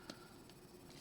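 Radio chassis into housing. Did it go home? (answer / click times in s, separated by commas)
yes / 0.1 s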